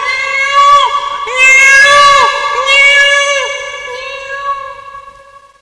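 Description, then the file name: Peafowl giving a series of loud, rich wailing calls that bend downward at their ends, then fading over the last seconds. "peacock"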